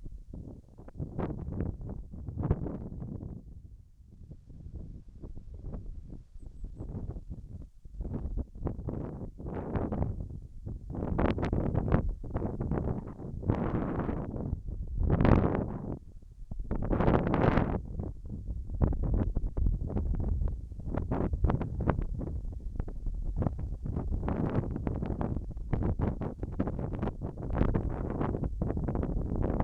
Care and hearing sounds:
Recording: everyday scene through a hearing-aid microphone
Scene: wind on the microphone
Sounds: wind, whistling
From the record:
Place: in front of a rural house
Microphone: behind the ear, left, front

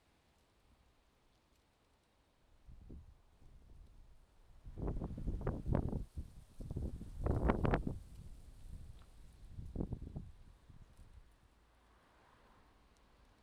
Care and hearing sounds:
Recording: everyday scene through a hearing-aid microphone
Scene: wind on the microphone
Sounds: wind, traffic, birds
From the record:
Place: suburban garden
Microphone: in the ear canal, left

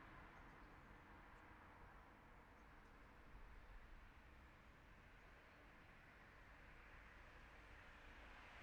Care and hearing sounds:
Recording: everyday scene through a hearing-aid microphone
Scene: in traffic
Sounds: traffic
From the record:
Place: city secondary road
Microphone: behind the ear, left, front

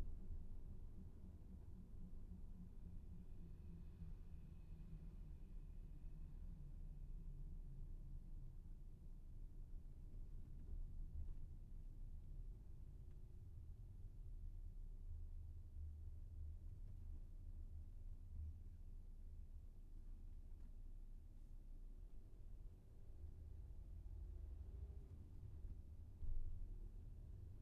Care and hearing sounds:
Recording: everyday scene through a hearing-aid microphone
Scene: in a vehicle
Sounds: engine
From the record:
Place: VW T5 Caravelle, diesel engine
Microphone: behind the ear, left, front

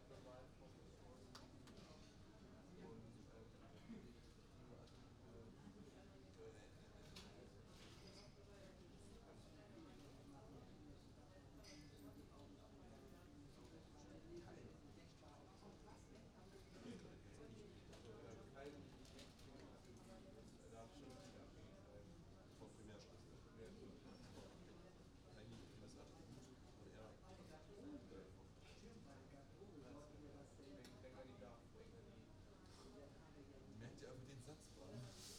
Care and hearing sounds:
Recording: everyday scene through a hearing-aid microphone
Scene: many people talking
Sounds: many voices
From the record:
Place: university cafeteria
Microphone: in the ear canal, right

